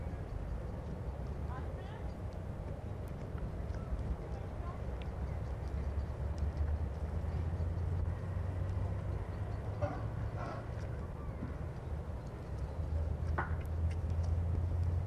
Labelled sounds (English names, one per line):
Wapiti rut call